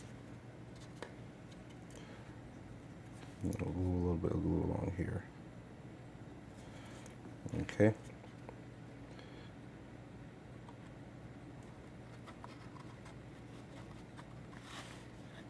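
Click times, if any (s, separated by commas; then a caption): none. A 3D-printed plastic cockpit panel is being fitted by hand into a model F-16 jet cockpit assembly, with a little glue along one spot. Someone talks briefly, followed by a short louder handling noise near 7.8 s and faint light ticks of handling against a quiet background. The part has not seated or clicked into place yet.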